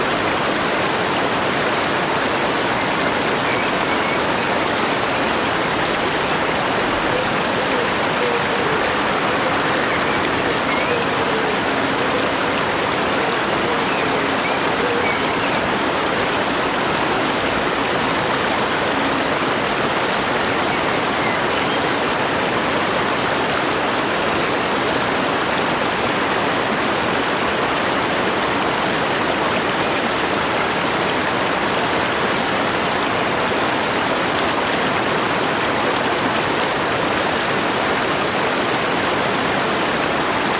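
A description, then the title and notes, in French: Fast water rushes over rocks in a mountain stream, a dense, steady hiss and splash that holds unchanged for the whole clip. It sounds full, brightest in the upper range, with no clear birdsong standing out above the flow. Ruisseau de Montagne Enneigé. Retraite de Bain de Forêt en Hiver. Niché dans les Alpes françaises, près de la frontière suisse, un paisible ruisseau alpin serpente à travers une forêt de conifères silencieuse sous un manteau de neige.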